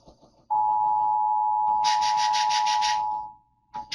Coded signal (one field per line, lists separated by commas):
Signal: Emergency Alert System (SAME) tones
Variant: 853 and 960 Hz attention tone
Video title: CONVECTIVE CONVECTION.... EAS Alerts from 5/12/26 (New EAS 1,013-1,022)